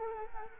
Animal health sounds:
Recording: mosquito wingbeat signal from an infrared sensor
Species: Culex quinquefasciatus

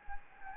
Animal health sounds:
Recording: mosquito wingbeat signal from an infrared sensor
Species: Anopheles gambiae

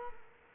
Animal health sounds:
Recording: mosquito wingbeat signal from an infrared sensor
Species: Culex quinquefasciatus

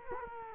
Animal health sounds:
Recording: mosquito wingbeat signal from an infrared sensor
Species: Culex quinquefasciatus

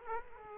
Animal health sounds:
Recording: mosquito wingbeat signal from an infrared sensor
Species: Aedes aegypti

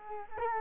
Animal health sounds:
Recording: mosquito wingbeat signal from an infrared sensor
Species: Culex quinquefasciatus

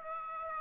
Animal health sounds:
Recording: mosquito wingbeat signal from an infrared sensor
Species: Aedes aegypti

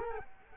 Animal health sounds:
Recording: mosquito wingbeat signal from an infrared sensor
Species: Culex quinquefasciatus

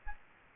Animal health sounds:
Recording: mosquito wingbeat signal from an infrared sensor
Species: Aedes aegypti

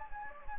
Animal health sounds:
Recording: mosquito wingbeat signal from an infrared sensor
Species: Anopheles gambiae

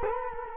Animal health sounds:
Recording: mosquito wingbeat signal from an infrared sensor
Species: Culex quinquefasciatus

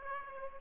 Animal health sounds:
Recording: mosquito wingbeat signal from an infrared sensor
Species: Aedes aegypti

